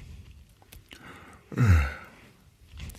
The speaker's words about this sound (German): Ja, Sie gähnen schon